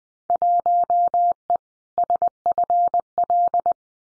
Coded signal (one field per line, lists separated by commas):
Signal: Morse code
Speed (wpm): 19 wpm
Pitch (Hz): 700 Hz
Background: none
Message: 1E SFL